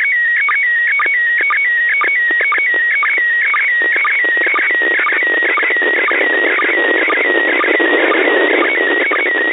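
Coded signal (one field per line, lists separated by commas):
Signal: SSTV (slow-scan television)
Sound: warbling, wavering tone with a steady sync chirp about twice a second, in hiss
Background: radio static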